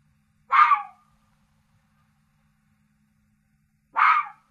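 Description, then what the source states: Fox giving two harsh, hoarse barks about three and a half seconds apart, each short and raspy, with near silence between them. Forest.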